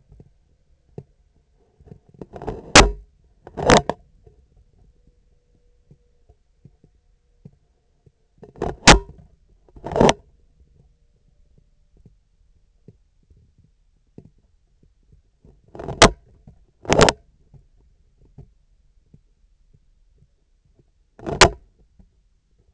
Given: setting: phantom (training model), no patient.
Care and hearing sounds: laparoscopic instrument, vibration sensor on the handle end; scissors; opening and closing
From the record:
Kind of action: tool actuation without material contact

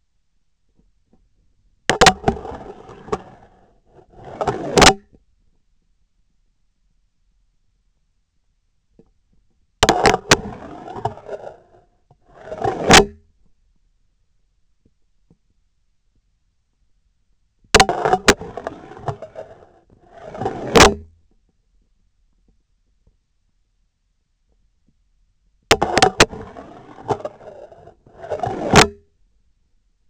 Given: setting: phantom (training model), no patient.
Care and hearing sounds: laparoscopic instrument, vibration sensor on the handle end; scissors; insertion and removal through the trocar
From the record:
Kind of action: spatial motion

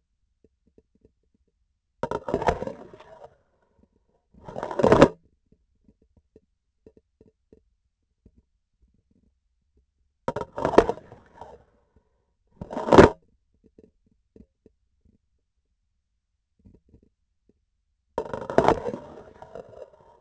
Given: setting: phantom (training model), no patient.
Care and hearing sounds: laparoscopic instrument, vibration sensor on the handle end; grasping forceps; insertion and removal through the trocar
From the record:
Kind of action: spatial motion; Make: other than Olympus

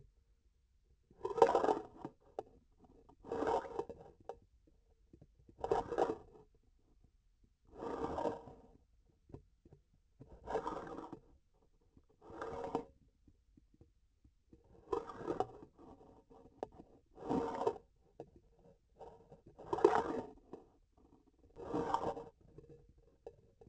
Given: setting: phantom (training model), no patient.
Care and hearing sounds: laparoscopic instrument, vibration sensor on the handle end; grasping forceps; approaching and retracting movements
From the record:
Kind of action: spatial motion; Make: Olympus

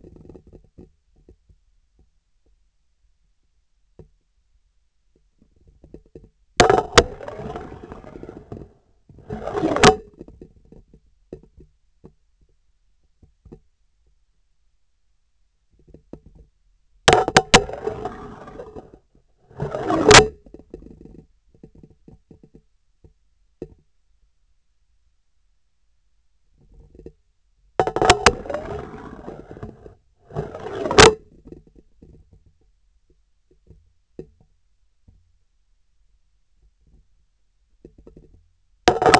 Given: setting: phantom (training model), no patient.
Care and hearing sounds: laparoscopic instrument, vibration sensor on the handle end; scissors; insertion and removal through the trocar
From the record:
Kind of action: spatial motion

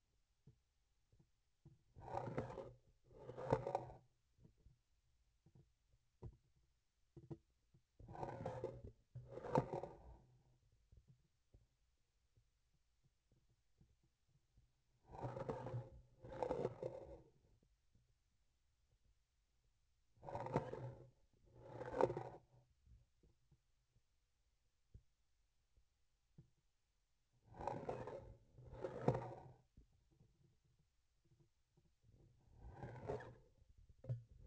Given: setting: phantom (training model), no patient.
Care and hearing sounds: laparoscopic instrument, vibration sensor on the handle end; grasping forceps; approaching and retracting movements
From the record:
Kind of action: spatial motion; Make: other than Olympus

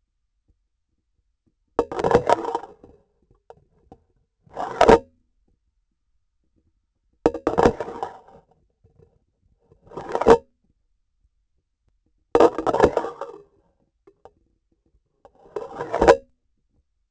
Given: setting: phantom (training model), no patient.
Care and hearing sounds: laparoscopic instrument, vibration sensor on the handle end; grasping forceps; insertion and removal through the trocar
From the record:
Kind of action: spatial motion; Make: Olympus

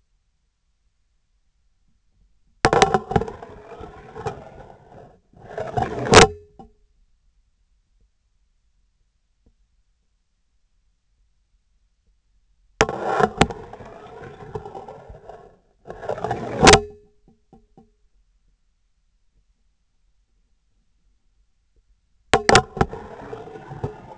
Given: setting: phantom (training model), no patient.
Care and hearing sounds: laparoscopic instrument, vibration sensor on the handle end; scissors; insertion and removal through the trocar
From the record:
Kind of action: spatial motion

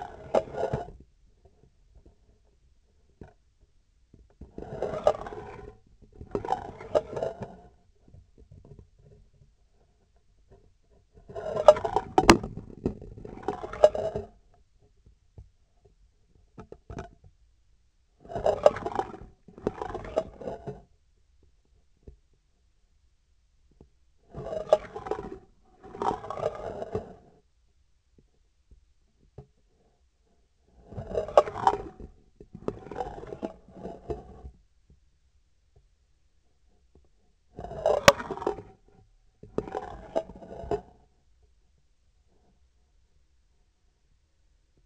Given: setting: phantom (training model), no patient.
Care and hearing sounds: laparoscopic instrument, vibration sensor on the handle end; scissors; approaching and retracting movements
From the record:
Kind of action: spatial motion

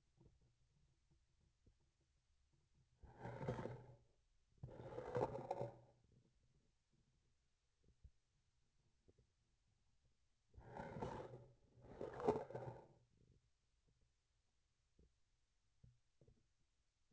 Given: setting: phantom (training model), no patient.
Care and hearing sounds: laparoscopic instrument, vibration sensor on the handle end; grasping forceps; approaching and retracting movements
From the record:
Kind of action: spatial motion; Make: other than Olympus

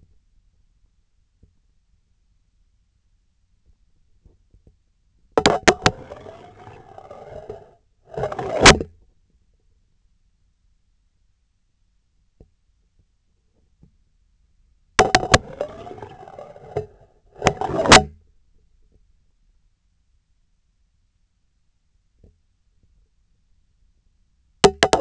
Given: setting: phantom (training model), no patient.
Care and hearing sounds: laparoscopic instrument, vibration sensor on the handle end; scissors; insertion and removal through the trocar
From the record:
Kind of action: spatial motion

